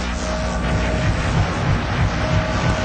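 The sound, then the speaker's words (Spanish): A squadron of five warplanes drones overhead in a continuous, heavy roar beneath a sky covered by fluorescent snow, deep rumbling engines throbbing steadily with a thin whine riding on top, loud throughout and without any voices. “Una escuadrilla de 5 aviones de guerra puede reconocerse difusamente tras el cielo cubierto por la nieve fluorescente.”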